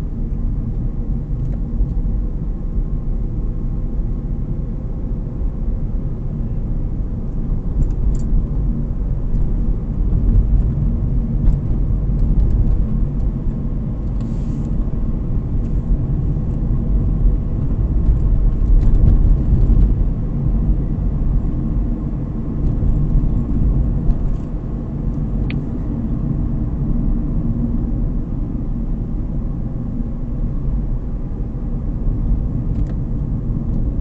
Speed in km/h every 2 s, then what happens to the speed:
40, 43, 47, 46, 46, 49, 52, 52, 54, 55, 57, 56, 56, 52, 45, 48, 46.
0-19 speeds up to 57. 19-24 steady at about 56. 24-34 slows to 46.